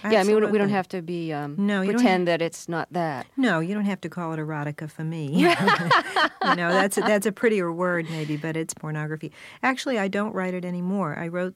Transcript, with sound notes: Yeah. I mean, we don't have to be...
No.
...Pretend that it's not that.
No, you don't have to call it erotica for me.
(LAUGHTER)
You know, that's a prettier word, maybe, but it's pornography. Actually, I don't write it anymore.